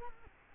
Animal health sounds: mosquito wingbeat signal from an infrared sensor; Culex quinquefasciatus

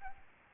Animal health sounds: mosquito wingbeat signal from an infrared sensor; Aedes albopictus

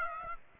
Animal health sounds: mosquito wingbeat signal from an infrared sensor; Aedes aegypti

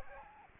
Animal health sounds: mosquito wingbeat signal from an infrared sensor; Aedes aegypti

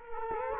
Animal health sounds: mosquito wingbeat signal from an infrared sensor; Culex quinquefasciatus

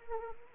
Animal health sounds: mosquito wingbeat signal from an infrared sensor; Anopheles arabiensis

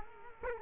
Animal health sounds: mosquito wingbeat signal from an infrared sensor; Culex quinquefasciatus

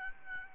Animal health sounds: mosquito wingbeat signal from an infrared sensor; Aedes albopictus

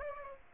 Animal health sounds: mosquito wingbeat signal from an infrared sensor; Aedes aegypti

